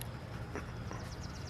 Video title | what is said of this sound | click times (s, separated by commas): DIY Solar Project - Panel #2 installation and how to WIRE connections | clicks and it's not coming out | 0.6 s